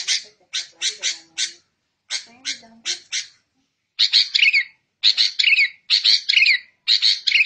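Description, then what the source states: Bird song, opening with a rapid series of clipped harsh notes, then fuller buzzy chattering phrases with twisting whistled notes, in short bursts. Bird song used for training caged birds.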